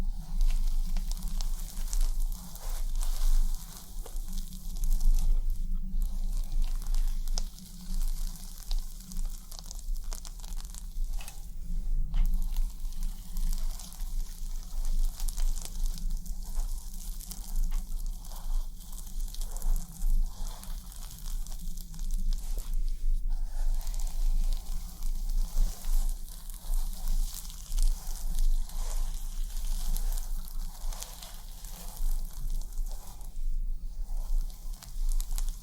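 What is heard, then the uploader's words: Scalp scratching during a head massage, a dense, continuous crackling rustle of fingers moving through hair. The scratching stays fairly even throughout, with brief bursts of louder friction around 5, 12 and 23 seconds, over a steady low hum underneath. ASMR Super RELAXING Head Massage + Scalp Scratching Roleplay (tingly af).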